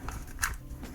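A plastic foldable wireless charger stand has its folding panel closed down onto its base. A soft handling tap comes first, then a sharper click at 0.4 s as the fold detent clicks into place, followed by a faint rustle. The stand is folded shut and seated.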